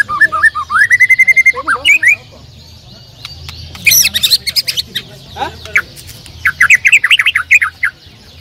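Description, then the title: Bird song mixing a sustained whistled note, scattered chirps and a later burst of rapid chirping notes, over a low background hum. "Kicau Burung"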